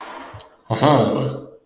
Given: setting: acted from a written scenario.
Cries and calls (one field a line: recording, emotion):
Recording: vocal sound without words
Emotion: triumph